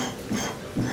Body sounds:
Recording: coughing mixed with background sound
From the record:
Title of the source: Spring Cold Coughing 3

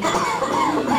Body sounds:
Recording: coughing mixed with background sound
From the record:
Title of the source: Spring Cold Coughing 2

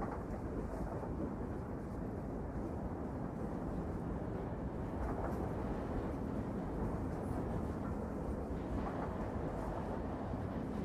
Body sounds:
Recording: background sound without coughing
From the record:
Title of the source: Train Ride Ambience ambient white noise for sleeping, focus, studying, reading

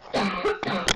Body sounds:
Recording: coughing mixed with background sound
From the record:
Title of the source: Barking cough - # 10

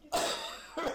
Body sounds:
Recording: coughing mixed with background sound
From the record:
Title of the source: Spring Allergy Coughing

